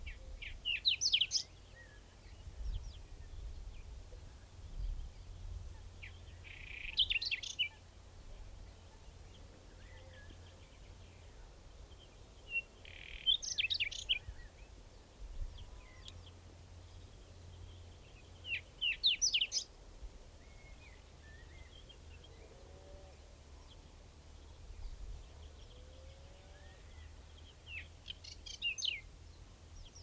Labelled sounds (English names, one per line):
Whinchat song